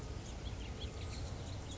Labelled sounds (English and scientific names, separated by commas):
House Finch (Haemorhous mexicanus)